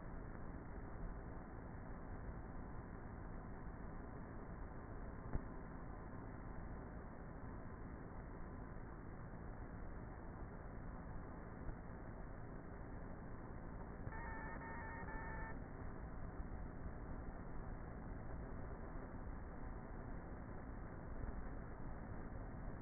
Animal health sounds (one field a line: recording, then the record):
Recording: honeybee colony, microphone inside the hive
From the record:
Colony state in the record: queenless with a low population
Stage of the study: before two queens were removed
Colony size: about 30,000 bees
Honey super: no